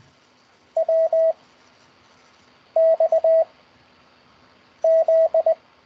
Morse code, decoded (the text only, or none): W X Z